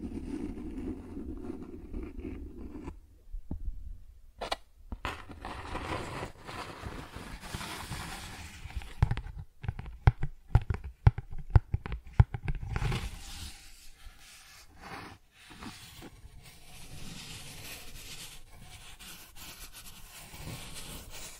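Cardboard is scratched, traced and torn. A low rough rumble opens, then after a brief pause rasping strokes begin. Between about 9 and 13 seconds sharp, crackly rips come in quick succession, and steadier dry scratching carries on to the end.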